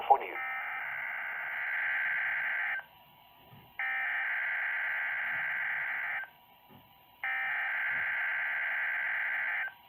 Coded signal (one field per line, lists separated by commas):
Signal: Emergency Alert System (SAME) tones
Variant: header bursts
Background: speech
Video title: [EAS #36] RWT [2/21/2018]